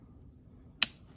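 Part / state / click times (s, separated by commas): plastic front cap on a bivvy center pole / released / 0.8 s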